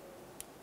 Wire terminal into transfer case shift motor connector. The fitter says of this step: there we go I just heard it click and now we'll have to lock these in